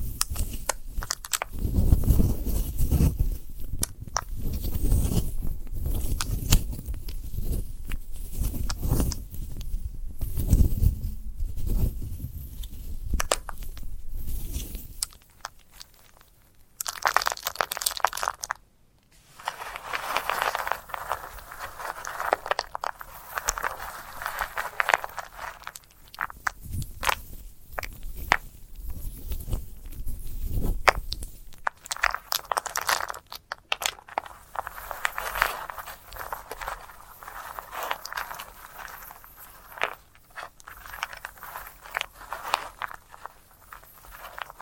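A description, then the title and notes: Crisp crunching and crackling as a sunflower head is handled, dense and low for fifteen seconds, then lighter, scratchier rustling with brief pauses. ASMR of a Sunflower Head (No Talking).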